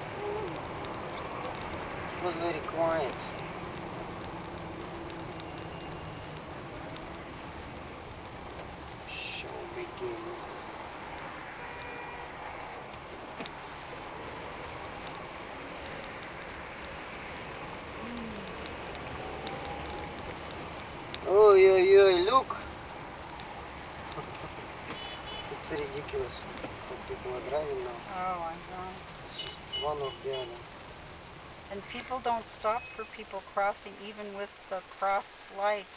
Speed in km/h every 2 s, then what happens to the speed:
43, 41, 37, 29, 19, 16, 15, 20, 22, 30, 30, 24, 23, 21, 17, 16, 7, 2.
0-9 slows to 16. 12-18 speeds up to 30. 20-36 slows to 2.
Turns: none.